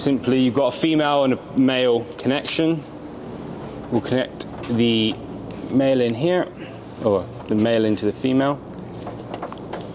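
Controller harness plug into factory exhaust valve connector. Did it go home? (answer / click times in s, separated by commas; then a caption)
yes / 9.5 s. Someone talks while pushing the male plug of a dAHLer exhaust valve controller harness into the female plug of a BMW's factory exhaust-valve wiring. A short click at 9.5 s, among a few small clatters, marks the connector seating.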